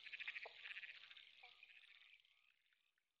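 Frogs calling with rapid high pulsed notes that gradually fade away.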